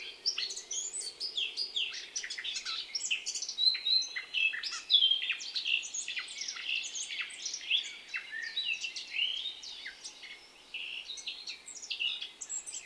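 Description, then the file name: Eurasian blackcap song: a fast, continuous warble of chattering and whistled notes, varied and busy throughout. "Sylvia atricapilla"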